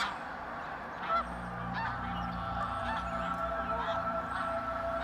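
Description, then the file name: Snow goose: geese calling as a flock, a quieter wash of overlapping honks with a few clearer individual calls and a low steady hum beneath. Flock of snow geese taking off. "Snow Geese take-off"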